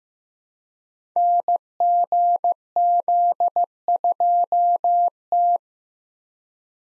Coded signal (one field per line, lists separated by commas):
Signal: Morse code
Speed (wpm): 15 wpm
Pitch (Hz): 700 Hz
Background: none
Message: NGZ2T